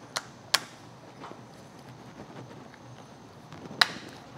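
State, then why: Seated. A new plastic fixed timing chain guide, replaced because the plastic guides fail, is pressed by hand onto its mount on a BMW M54 engine block. Sharp clicks are heard at 0.2 s and 0.6 s, then faint handling noise. The guide snaps into place with a loud, crisp click at 3.8 s and is confirmed seated.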